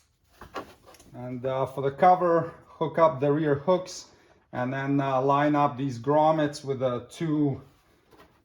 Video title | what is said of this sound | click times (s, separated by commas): 2007-2021 Toyota Tundra Engine Coolant Temperature Sensor Testing And Replacement Instructions | the connector up, slide it on until it clicks. | 0.6 s